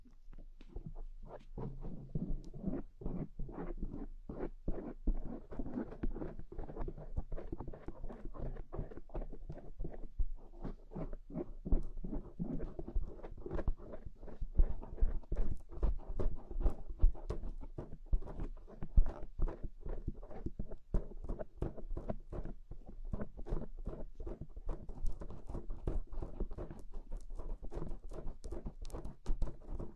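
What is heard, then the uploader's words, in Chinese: Ear cleaning with assorted sticks: dense, rapid scratchy taps and crackles continue throughout the clip over a soft low rumble. 用各种棒棒清理你的耳朵。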